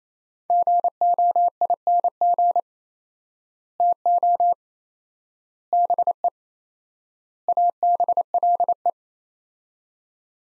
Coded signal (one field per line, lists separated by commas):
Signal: Morse code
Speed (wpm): 28 wpm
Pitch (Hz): 700 Hz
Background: none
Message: GOING TO BE ABLE